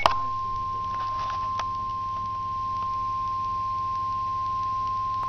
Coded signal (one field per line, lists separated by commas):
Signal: Emergency Alert System (SAME) tones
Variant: 1050 Hz attention tone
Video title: Real NOAA Weather Radio EAS Alert #62